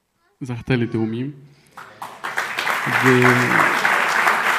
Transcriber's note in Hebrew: הקהל מוחא כפים